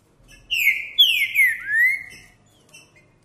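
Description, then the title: Green-winged saltator song, a loud whistled phrase of three slurred descending notes ending in a long rising whistle, then silence apart from faint chirps. Trinca-ferro singing and 'macheando' in a singing contest; the song style is called 'Perdi meu boi'; meant for warming up other trinca-ferros. "Seu TRINCA Piando, Cantando E Macheando Na DISPUTA. O VERDADEIRO PERDI MEU BOI! Trinca Ferro CANTANDO e MACHEANDO!"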